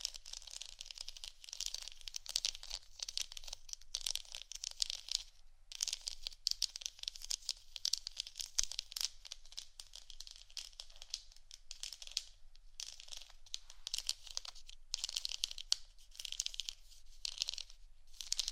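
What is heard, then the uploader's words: Crisp scratching runs in dense bursts with brief pauses, bright and papery, over a faint low hum. ASMR scratching For Sleep & Study（No Talking）.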